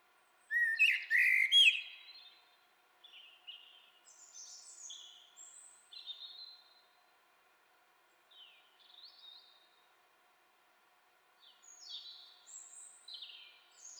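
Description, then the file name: Common blackbird song: one loud phrase, followed by many scattered thin, squeaky high twitters over the following seconds. "Turdus merula"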